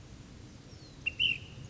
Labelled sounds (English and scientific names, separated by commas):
Ash-throated Flycatcher (Myiarchus cinerascens)